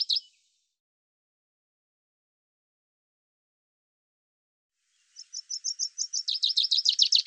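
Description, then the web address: Common chaffinch song: the brief tail of one phrase, a long silence, then a new run of quick high chips that drops a little in pitch and is cut off. "Deverinetal 2025 File cleaned normalized Bird Fr Co"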